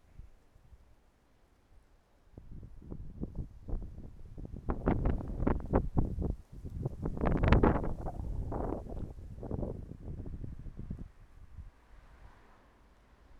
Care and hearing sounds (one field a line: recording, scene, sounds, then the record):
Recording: everyday scene through a hearing-aid microphone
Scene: wind on the microphone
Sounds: wind, traffic, birds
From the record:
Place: suburban garden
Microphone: behind the ear, right, front